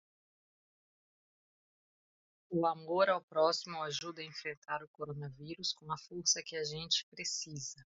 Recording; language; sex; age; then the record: spoken sentence; Brazilian Portuguese; female; 40 to 49 years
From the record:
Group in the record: control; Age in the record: 44 years